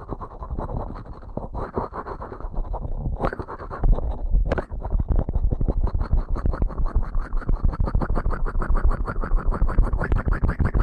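Ear cleaning at speed: a dense, rapid stream of scratchy rubbing and crackling, with a low rumble running underneath. Brief sharp scrapes stand out around three and four and a half seconds, and after five seconds the strokes become faster and more regular, pulsing with bright clicks.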